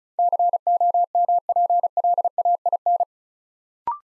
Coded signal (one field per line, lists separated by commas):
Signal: Morse code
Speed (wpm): 35 wpm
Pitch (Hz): 700 Hz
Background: none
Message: COMPLAIN